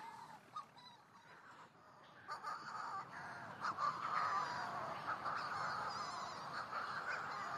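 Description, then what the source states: Manx Shearwaters calling in flight, a few harsh cackles at first, then denser overlapping calls. Shearwaters calling in flight above the island in darkness, a witch-like cackling; awaited by a partner incubating a single egg in a burrow, possibly days without a meal.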